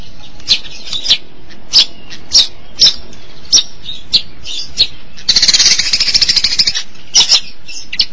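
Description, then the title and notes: Long-tailed Shrike song: a run of harsh, clipped high notes, then a rapid buzzy rattle lasting over a second, followed by more scattered sharp notes. "Pentet 201703. Suara burung pentet"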